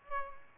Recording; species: mosquito wingbeat signal from an infrared sensor; Aedes albopictus